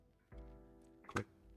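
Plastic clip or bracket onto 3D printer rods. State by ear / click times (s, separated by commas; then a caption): seated / 1.0 s, 1.1 s, 1.2 s. A printed plastic clip is pressed onto the smooth rods of a Prusa printer frame during an MK3S-to-MK4 upgrade, fixing the rod spacing against belt tension. A low sustained tonal hum rises at about 0.3 s, then sharp clicks come at 1.0, 1.1 and 1.2 s, the last the loudest. The clip snaps into place and is seated.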